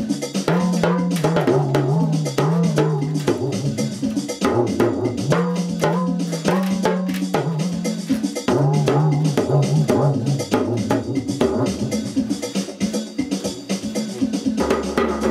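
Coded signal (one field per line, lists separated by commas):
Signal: talking drum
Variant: English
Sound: rapid drum strokes whose pitch rises and falls, following a sung rhythm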